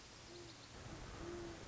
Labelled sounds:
Great Horned Owl (Bubo virginianus)
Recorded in Sonoma County, California

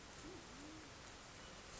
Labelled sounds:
Band-tailed Pigeon (Patagioenas fasciata)
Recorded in Sonoma County, California

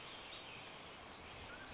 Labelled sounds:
Mountain Quail (Oreortyx pictus)
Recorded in Sonoma County, California

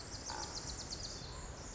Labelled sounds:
Pacific Wren (Troglodytes pacificus)
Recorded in Sonoma County, California

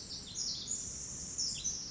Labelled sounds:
Pacific Wren (Troglodytes pacificus)
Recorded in Sonoma County, California

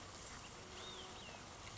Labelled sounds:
Olive-sided Flycatcher (Contopus cooperi)
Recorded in Sonoma County, California

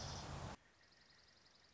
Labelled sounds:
Dark-eyed Junco (Junco hyemalis)
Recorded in Sonoma County, California

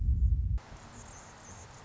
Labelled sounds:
Anna's Hummingbird (Calypte anna)
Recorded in Sonoma County, California

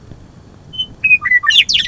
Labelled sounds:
Western Meadowlark (Sturnella neglecta)
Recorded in Sonoma County, California

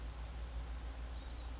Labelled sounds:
Blue-gray Gnatcatcher (Polioptila caerulea)
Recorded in Sonoma County, California

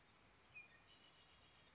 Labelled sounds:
Red-winged Blackbird (Agelaius phoeniceus)
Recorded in Sonoma County, California

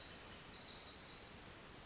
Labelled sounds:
Pacific Wren (Troglodytes pacificus)
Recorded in Sonoma County, California

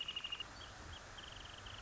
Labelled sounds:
Wrentit (Chamaea fasciata)
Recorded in Sonoma County, California

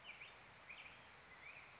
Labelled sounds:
Black-headed Grosbeak (Pheucticus melanocephalus)
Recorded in Sonoma County, California

